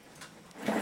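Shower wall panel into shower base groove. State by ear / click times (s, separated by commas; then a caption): not seated / none. A front shower wall panel is handled and pushed toward the molded grooves of a shower base, with faint handling noise, a small tick at 0.5 s, and a louder rising scrape or rub of the panel from about 0.6 s to the end. The panel has not snapped into the groove yet; nothing has seated.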